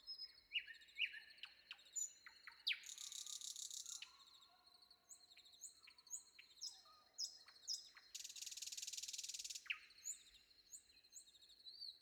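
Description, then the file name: Common nightingale song: phrases of varied whistles and two harsh buzzy bursts, with scattered sharp notes. Recorded before dawn. "predawn nightingale"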